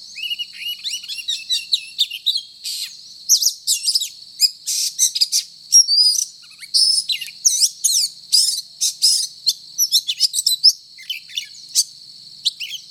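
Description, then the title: Oriental magpie-robin pouring out rapid, loud chirps and rasping bursts mixed with thin whistles, the phrases tightly packed, over continuous high-frequency hiss. Indonesian title calls the bird a 'gacor' magpie-robin, a bird-keepers' term for one singing often and energetically. "Kacer Gacor 1"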